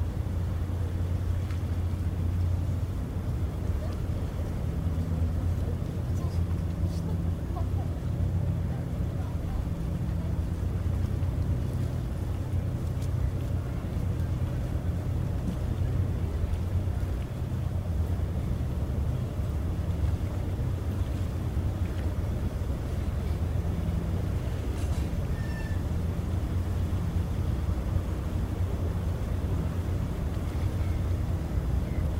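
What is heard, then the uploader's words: A waterfront with a steady low engine drone from ferries on the waterway, humming deep and even with slight pulsing through the whole stretch. Wind rumbles across the microphone, while faint city sounds and a few light clicks sit in the background. Sydney Harbour. Recorded LIVE between the Harbour Bridge and the iconic Opera House as night falls on Australia’s most well-known place, known as the Emerald City.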